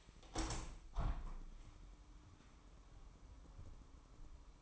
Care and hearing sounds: daily activity, microphone in the room; open window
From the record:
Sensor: 1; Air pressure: 998.6 hPa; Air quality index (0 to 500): 122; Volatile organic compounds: 3 ppm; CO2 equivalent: 1462 ppm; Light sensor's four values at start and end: 7/18/7/9 and 8/19/8/9

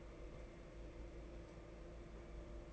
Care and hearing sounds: daily activity, microphone in the room; take from stove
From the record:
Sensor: 5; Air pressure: 992.1 hPa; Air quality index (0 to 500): 211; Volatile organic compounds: 1000 ppm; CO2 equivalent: 6121 ppm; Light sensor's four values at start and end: 6/14/5/6 and 6/14/5/6

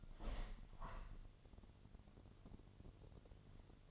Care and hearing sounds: daily activity, microphone in the room; open window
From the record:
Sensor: 4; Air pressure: 1007.2 hPa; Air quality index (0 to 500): 187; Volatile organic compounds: 6 ppm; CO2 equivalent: 1866 ppm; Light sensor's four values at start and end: 23/73/28/27 and 23/73/28/27

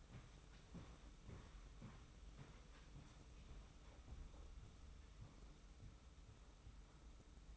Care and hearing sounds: daily activity, microphone in the room; walk to room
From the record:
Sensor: 1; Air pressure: 991.1 hPa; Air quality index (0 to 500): 90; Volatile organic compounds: 31 ppm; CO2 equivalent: 2988 ppm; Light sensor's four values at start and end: 34/111/43/45 and 35/114/44/46

